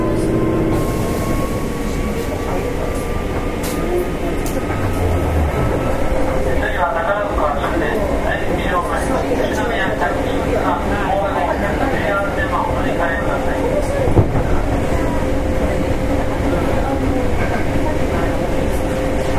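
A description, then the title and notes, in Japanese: Inside an express train, a steady low rumble of running wheels and motor fills the whole recording at a constant level. A faint tone holds underneath, and voices murmur from around seven seconds on, with a brief sharp knock near fourteen seconds. 阪急6000系 宝塚線急行 梅田から宝塚まで。It is running sound of Hankyu Railway 6000 series train.I recorded on the express train of Takarazuka Line.The section is from Umeda to Takarazuka.電車の走行音。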